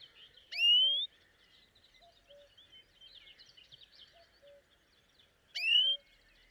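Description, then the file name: European greenfinch, two drawn-out upward-sweeping nasal calls about five seconds apart, over faint chattering birds and brief low notes. "Chloris chloris"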